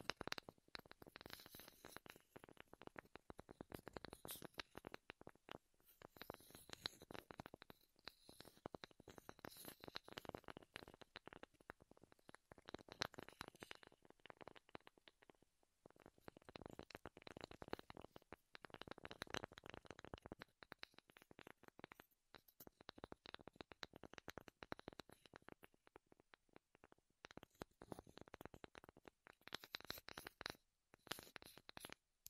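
Dry tapping and scratching on wood fills the clip in dense, uneven bursts of quick clicks, with brief pauses around 15 and 27 seconds. The sounds are crisp and bright with a soft low thud underneath, like fingertips and nails working a wooden surface.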